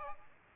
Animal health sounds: mosquito wingbeat signal from an infrared sensor; Aedes aegypti

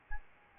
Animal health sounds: mosquito wingbeat signal from an infrared sensor; Aedes albopictus

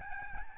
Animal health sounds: mosquito wingbeat signal from an infrared sensor; Aedes albopictus

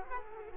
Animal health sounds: mosquito wingbeat signal from an infrared sensor; Culex quinquefasciatus

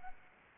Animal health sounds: mosquito wingbeat signal from an infrared sensor; Anopheles gambiae

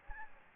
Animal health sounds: mosquito wingbeat signal from an infrared sensor; Aedes albopictus

